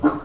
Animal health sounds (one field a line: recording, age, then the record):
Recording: pig call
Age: growing-finishing pig (85 days or more)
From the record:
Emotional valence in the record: positive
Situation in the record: run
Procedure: transit